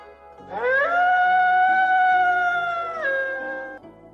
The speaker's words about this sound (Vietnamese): U Huyền Lang bị đau gào thét, dưới bụng đau nhức kịch liệt.